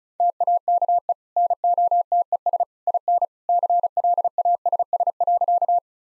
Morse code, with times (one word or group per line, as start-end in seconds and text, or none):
0.2-1.1 TAKE
1.4-2.6 NOTES
2.9-3.2 IN
3.5-5.8 CLASS.